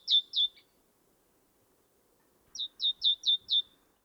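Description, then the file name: Great tit call: two sharp downslurred notes, a quiet gap of about two seconds, then five more in a rapid even string. "Parus major"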